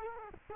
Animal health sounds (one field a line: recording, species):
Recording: mosquito wingbeat signal from an infrared sensor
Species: Culex quinquefasciatus